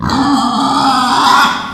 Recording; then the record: squeal of a Yucatan mini pig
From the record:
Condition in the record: after surgery on the right vocal fold (resection and tissue-engineered implant); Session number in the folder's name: 16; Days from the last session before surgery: 183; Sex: female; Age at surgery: 19 weeks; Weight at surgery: 25 kg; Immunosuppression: prednisolone